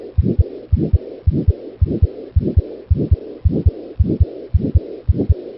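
Regular paired heart sounds at about 109 beats a minute, with a loud, harsh whooshing noise filling the gaps between beats. This is a heart murmur heard by stethoscope over the aortic area of a German Shepherd dog, indicating turbulent blood flow.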